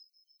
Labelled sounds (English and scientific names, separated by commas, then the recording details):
Yellowhammer (Emberiza citrinella) song
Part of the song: start
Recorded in the Czech Republic on 6 July 2013
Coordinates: 50.234, 14.337
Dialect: BC
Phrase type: G37
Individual 315478